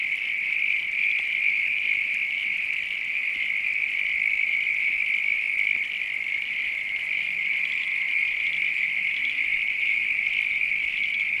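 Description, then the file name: Frogs calling together in an even, unbroken high chorus, with faint low sounds now and then underneath. Night countryside ambience with frogs. "AMBIENCE NIGHT COUNTRY FROGS RAIN FARM ANIMALS LOOP"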